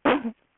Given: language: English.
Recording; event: throat vibration sensor signal played as sound; cough